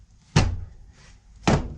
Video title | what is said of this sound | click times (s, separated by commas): Braun Harbor Freight under hood light, worth the one star review? | Like it clicking in. | 1.5 s